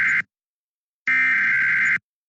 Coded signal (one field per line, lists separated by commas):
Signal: Emergency Alert System (SAME) tones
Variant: header bursts